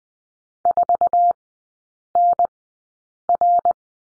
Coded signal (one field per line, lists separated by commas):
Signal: Morse code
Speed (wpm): 20 wpm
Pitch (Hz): 700 Hz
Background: none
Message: 4NR